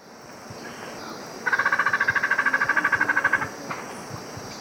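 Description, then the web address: Dusky spinetail giving a rapid, even rattle of repeated notes lasting about two seconds over steady background hiss. Ecuador. "Natures Songs S America Birds of Ecuador. Dusky Spinetail"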